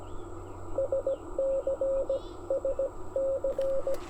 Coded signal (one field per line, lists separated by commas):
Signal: Morse code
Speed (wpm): 18 wpm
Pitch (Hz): 500 Hz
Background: radio noise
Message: SC SC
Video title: Getting Indiana Activated with an 18 WPM CW POTA Activation at Beaver Bottom Lake (No bottoms seen)